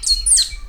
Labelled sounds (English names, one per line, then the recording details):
Stitchbird song
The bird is a male
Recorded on Tiritiri Matangi Island, New Zealand, in 2005
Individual 7, of nest box 9